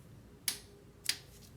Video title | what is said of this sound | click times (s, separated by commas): Honda Pilot, Odyssey, Ridgeline 3.5L Timing Belt and Water Pump Replacement (Complete Guide) Part 2 | i hope you heard the torque wrench click | 0.5 s